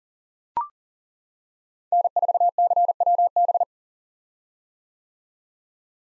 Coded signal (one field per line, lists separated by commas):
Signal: Morse code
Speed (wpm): 37 wpm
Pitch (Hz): 700 Hz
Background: none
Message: N4CWB